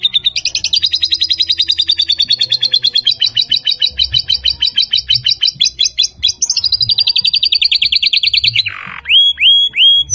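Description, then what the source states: Lovebird chattering: a long, fast stream of squeaky high chirps, the pitch stepping up and down, ending in a few sharp rising-then-falling squeals. Song style named konslet.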